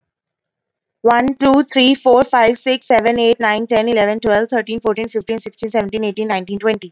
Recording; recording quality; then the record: counting at a fast pace; excellent, no background noise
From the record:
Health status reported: recovered from COVID-19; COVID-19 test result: negative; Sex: female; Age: 24 years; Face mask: worn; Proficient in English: yes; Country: India